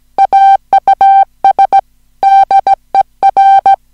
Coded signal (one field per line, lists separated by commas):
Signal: Morse code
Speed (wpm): 17 wpm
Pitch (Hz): 780 Hz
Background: music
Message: AUS DER